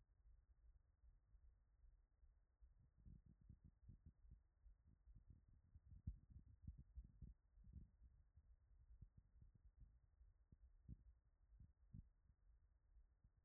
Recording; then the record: heart sounds by stethoscope after running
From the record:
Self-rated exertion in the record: moderate exertion (3 of 6); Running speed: 5 mph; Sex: male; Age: 25 years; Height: 174 cm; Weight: 71 kg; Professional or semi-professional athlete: no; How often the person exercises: 3 to 5 times a week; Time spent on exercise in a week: 2 to 3 hours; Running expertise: no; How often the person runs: 1 to 2 times a week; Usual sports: running, swimming, badminton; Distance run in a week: 8 km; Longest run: 10 km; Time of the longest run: 48 minutes